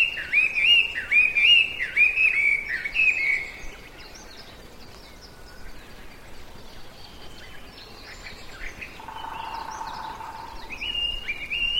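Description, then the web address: Chinese hwamei giving a burst of fast whistled phrases for a few seconds, then near quiet with faint sounds before a brief whistle returns at the end. "abarazemi Hwamei"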